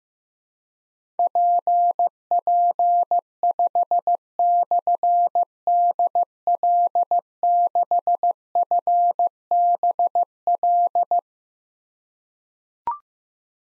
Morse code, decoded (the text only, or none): PP5/DL6FBL